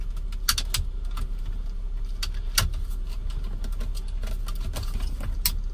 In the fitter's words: Yeah, it just snaps back in like 1, 2, 3.